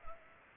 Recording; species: mosquito wingbeat signal from an infrared sensor; Culex pipiens